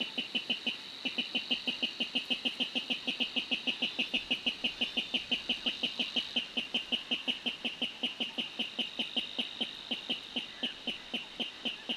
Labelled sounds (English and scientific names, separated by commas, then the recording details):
Water Rail (Rallus aquaticus)
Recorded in the wild
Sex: male
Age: adult
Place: Warsow, Kummerower See, Mecklenburg-Vorpommern, DE
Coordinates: 53.8344, 12.8475
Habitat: wetland
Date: 2009-06-15 21:00
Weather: heiter, schwacher Wind aus West, ca. 15 °C
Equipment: Sound Devices 702, Rode NT1-A Stereopaar
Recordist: Frommolt, Karl-Heinz